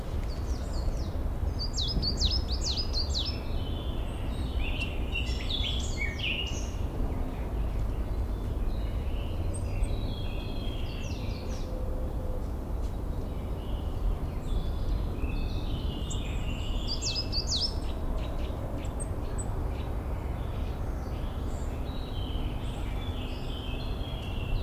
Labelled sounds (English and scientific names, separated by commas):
Coal Tit (Periparus ater) song